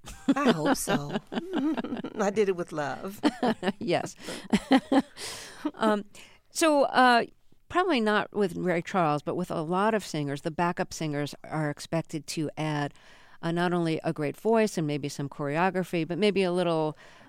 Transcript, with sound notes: I hope so. I did it with love.
Yes.
(LAUGHTER)
So probably not with Ray Charles but with a lot of singers, the backup singers are expected to add not only a great voice and maybe some choreography but maybe a little